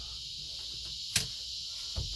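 A drawer on its slide rails in a van cabinet is pushed in until the slide catches, with a sharp click at 1.2 seconds and a softer knock near 2.0 seconds. A steady high insect-like hiss runs underneath throughout. The drawer slide clicks into place and is seated.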